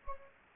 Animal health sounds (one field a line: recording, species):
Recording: mosquito wingbeat signal from an infrared sensor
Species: Anopheles gambiae